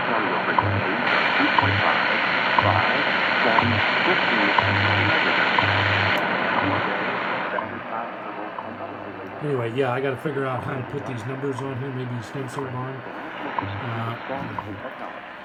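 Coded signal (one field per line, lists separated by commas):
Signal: radio time signal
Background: speech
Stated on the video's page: Time signal station on 10 MHz received on a Hallicrafters S40-B with a new speaker.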